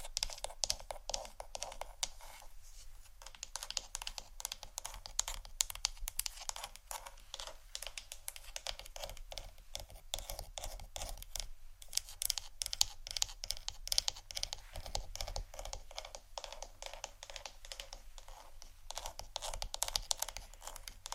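Hair brush and comb sounds: a dense, continuous run of quick, crisp bristle strokes and scratches, bright and hissy with little low end. The strokes come fast and fairly evenly for the whole time, with a brief lighter gap near the middle.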